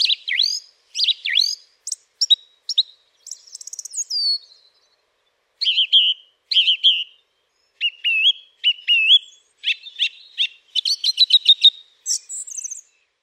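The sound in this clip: Song thrush song: bright, varied whistled phrases high in pitch, several given twice in quick succession, ending in a run of rapid chirpy notes with short gaps.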